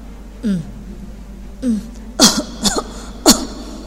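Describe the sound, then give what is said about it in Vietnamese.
A series of coughs from two people huddled by a small lighter flame in the cold, several short harsh bursts with throaty, raspy edges, spaced irregularly, some soft and some sharper, with no talking. “Cùng với tiếng ho, cả người của Đường Mẫn và Lữ Cánh Nam cùng gật mạnh đầu trên ngực của Trác Mộc Cường Ba.”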